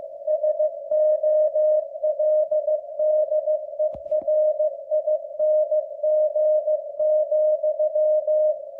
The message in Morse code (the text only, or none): SOLDERING,